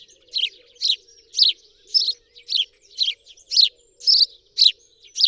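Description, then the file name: House sparrow chirps, clear and loud, repeated about twice a second in a series over near silence. "Passer domesticus"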